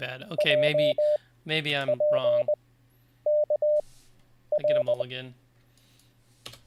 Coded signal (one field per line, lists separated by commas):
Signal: Morse code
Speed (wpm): 20 wpm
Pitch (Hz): 600 Hz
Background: speech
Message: JPKR